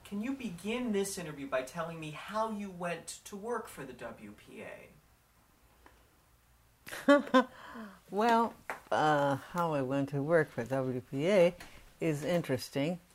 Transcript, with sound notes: Can you begin this interview by telling me how you went to work for the WPA?
[Laughs] Well, how I went to work for WPA is interesting.